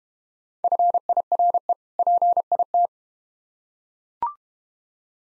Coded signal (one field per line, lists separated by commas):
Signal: Morse code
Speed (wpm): 31 wpm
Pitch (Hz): 700 Hz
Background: none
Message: FIRE PIT